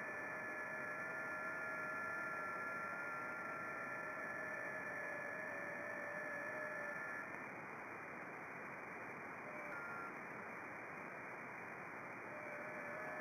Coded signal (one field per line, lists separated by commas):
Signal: FT8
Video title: 54 DXCC Countries on 10m FT8 29th Oct 2020